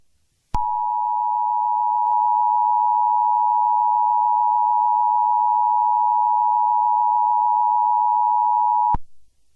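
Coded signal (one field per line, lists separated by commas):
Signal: Emergency Alert System (SAME) tones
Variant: 853 and 960 Hz attention tone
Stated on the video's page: Mock EAS alert.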